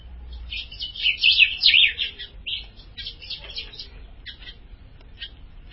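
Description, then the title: Ultramarine grosbeak song: a loud burst of rich, rapid warbled notes in the first two seconds, then softer scattered twitters over a low background rumble. "Azulao"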